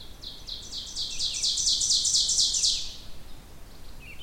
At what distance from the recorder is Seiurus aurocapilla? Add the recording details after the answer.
about 20 m. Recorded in boreal forest in Alberta, Canada, on 16 June 2016 at 05:55. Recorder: SongMeter 3, array SBT-3-32. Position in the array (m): 86 m, 26 m. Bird 36